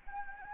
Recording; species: mosquito wingbeat signal from an infrared sensor; Anopheles gambiae